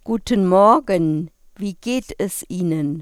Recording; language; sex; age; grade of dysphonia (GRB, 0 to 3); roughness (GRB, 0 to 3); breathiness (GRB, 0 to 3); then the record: spoken sentence; German; female; 40 to 49 years; 0; 0; 0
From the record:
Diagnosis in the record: hyperfunctional dysphonia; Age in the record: 49 years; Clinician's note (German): Ponogen